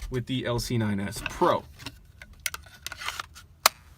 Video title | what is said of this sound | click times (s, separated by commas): FWG: Unboxing Two Vedder Holsters! (My First Ones) | And that even has a more positive click. I mean, that thing is really in there. | 3.7 s